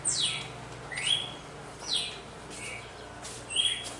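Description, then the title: Red-cowled cardinal: bird song of downslurred and level whistled notes spaced about a second apart, with background hiss. Female; after the moult; contest bird. "Canto Galo Campina Fêmea 02. GALO DE CAMPINA DEPOIS DA MUDA (disputa)"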